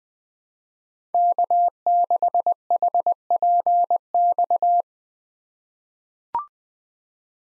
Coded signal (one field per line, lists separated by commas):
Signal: Morse code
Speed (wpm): 20 wpm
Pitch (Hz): 700 Hz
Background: none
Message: K6HPX